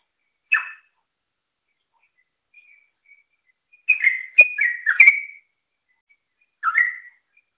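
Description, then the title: Yellow-vented bulbul song: a short bubbly note, then a quick cluster of liquid, warbling phrases near four seconds and one more phrase at the end, with quiet gaps between. "Suara Burung Trucukan"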